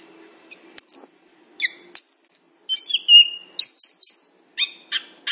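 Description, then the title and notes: Chestnut-capped thrush song: sharp high chips and short whistled notes in scattered bursts, a slurred falling whistle near the middle, then quick short chips toward the end. "anis kembang. suara burung"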